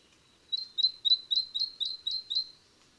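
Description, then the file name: Great tit giving a brisk run of eight high, downward-flicking notes, evenly spaced about four per second. "Parus major"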